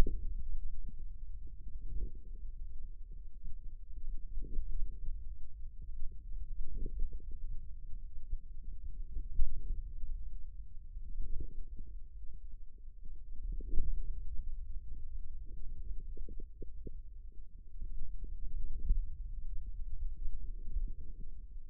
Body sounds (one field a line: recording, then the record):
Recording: forearm muscle sounds (acoustic myography)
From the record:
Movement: hand closing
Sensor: system 2, bracelet of six BSWA MPA416 microphones around the upper forearm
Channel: 2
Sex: male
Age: 22 years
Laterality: right